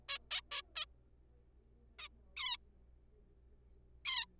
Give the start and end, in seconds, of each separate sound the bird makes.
0.09-0.18, 0.31-0.41, 0.51-0.62, 0.76-0.85, 1.99-2.08, 2.37-2.57, 4.05-4.25